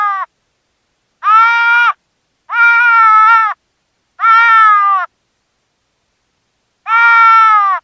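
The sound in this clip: Deer fawn bleats, nasal harmonic cries each lasting about a second, repeated about every one to three seconds with clean silence between.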